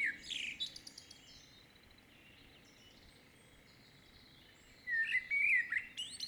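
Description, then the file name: Common blackbird song: a brief fluty phrase with a high twitter at the start, silence, then a warbled, rising-and-falling phrase near the five-second mark. "Turdus merula"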